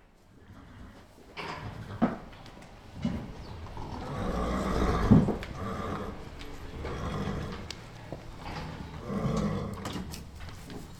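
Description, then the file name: Horses snorting and giving rough whinnying calls amid rustling and clattering noises throughout. Horses at feeding time. "Redbarn Feeding Horses"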